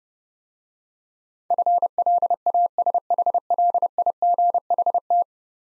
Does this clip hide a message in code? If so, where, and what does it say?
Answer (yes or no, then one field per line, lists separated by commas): yes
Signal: Morse code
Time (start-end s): 1.5-5.2 s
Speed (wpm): 29 wpm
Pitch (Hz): 700 Hz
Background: none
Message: FLASHLIGHT